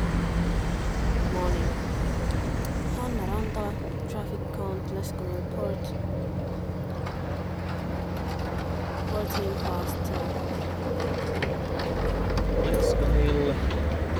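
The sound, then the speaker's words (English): Fishing port ambience at Lesconil port at 9:12: a steady low drone of boat engines and passing traffic, with scattered clanks, faint bird calls and indistinct murmuring voices throughout. “Leskonil port. 12 minutes past 9.”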